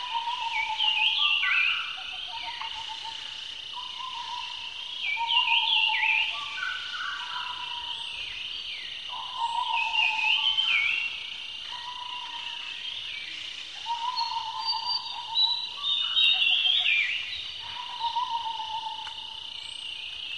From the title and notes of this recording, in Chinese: 晨鸟交响曲：大森林的清晨醒来。通过不同种类的鸟鸣声，呈现出森林清晨的生动画面。